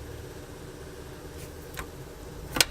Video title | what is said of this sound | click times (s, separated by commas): Toyota Tacoma shifter installation transmission and transfercase | you know you got it locked into place it | 2.6 s